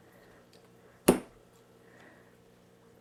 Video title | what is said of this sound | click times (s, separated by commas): Installing AN Fittings On A Corvette Fuel Filter, The Worst Corvette Fuel Filter And AN Fittings Kit | you hit that snap and they kind of hard to come back out | 1.1 s